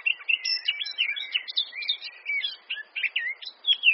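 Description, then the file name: Eurasian blackcap warbling in a short burst of mixed chattering and whistled notes, some sliding up or down, delivered quickly and continuously. "Sylvia atricapilla"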